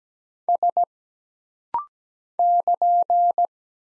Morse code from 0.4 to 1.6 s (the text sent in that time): S